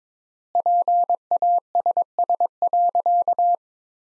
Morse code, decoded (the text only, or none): PASS.